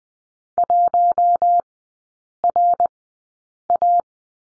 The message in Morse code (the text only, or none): 1RA